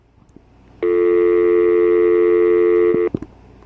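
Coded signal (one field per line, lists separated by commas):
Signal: telephone call progress tone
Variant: North America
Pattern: dial tone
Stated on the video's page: Call progress tone from an AT&T EP5995 5.8 GHz cordless analog speakerphone.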